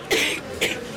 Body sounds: coughing mixed with background sound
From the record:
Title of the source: 61 morning phlegmy cough...again

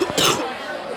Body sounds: coughing mixed with background sound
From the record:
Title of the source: Wet coughing

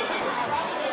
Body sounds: coughing mixed with background sound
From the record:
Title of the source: Spring Cold Coughing 2

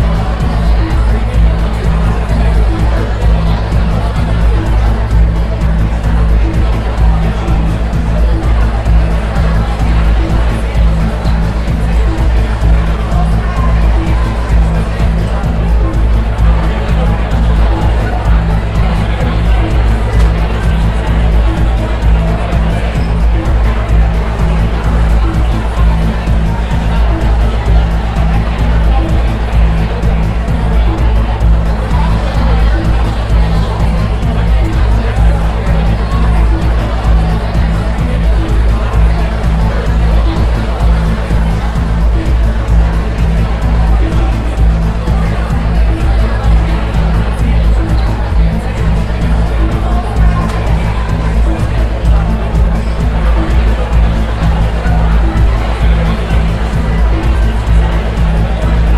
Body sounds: background sound without coughing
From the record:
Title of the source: Party Noise 1 Hour Party Ambience

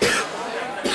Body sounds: coughing mixed with background sound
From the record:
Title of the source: 64 coughing, allergies, singing lungs

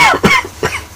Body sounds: coughing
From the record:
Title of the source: Dry Coughing Fit in the Afternoon.

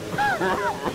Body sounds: coughing mixed with background sound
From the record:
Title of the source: Heavy cold and sore throat coughing.

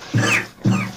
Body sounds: coughing mixed with background sound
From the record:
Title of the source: Cough Around the Clock!

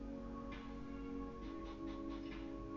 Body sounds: background sound without coughing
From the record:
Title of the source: BackgroundMusic3

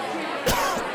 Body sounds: coughing mixed with background sound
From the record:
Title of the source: Coughing 51

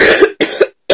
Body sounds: coughing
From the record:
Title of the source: 55 gaggy wet cough

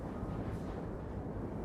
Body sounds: background sound without coughing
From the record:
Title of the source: Train Ride Ambience ambient white noise for sleeping, focus, studying, reading

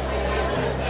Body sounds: background sound without coughing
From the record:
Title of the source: CITY SOUNDS Busy Bar in the Evening Night - 2 HOURS of Ambiance for Relaxation

